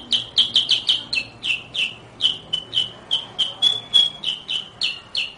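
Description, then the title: Sooty-headed bulbul giving short, bright chirps about three per second in an uneven run, with faint low hum underneath. "Suara Burung Kutilang"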